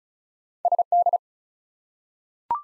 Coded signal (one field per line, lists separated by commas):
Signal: Morse code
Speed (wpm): 34 wpm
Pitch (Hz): 700 Hz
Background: none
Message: SD